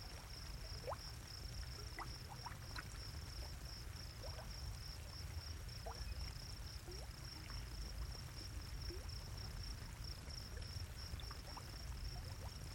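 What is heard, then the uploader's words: A hot pool bubbles gently and steadily, with small pops and gurgles rising every second or so over a deep, continuous rumble. A constant high, thin insect trill runs unbroken through the whole clip, evenly in the background. A bubbling geothermal pool in the middle of a sagebrush desert surrounded by crickets. The gentle bubbling sound is very relaxing, the crickets are a classic evening sound, everything is still and peaceful and no one else around to interrupt.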